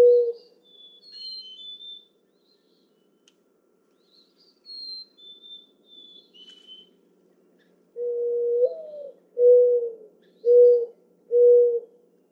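Mourning dove song after several seconds of faint high birdsong: one low upslurred coo followed by three short level hollow coos about a second apart.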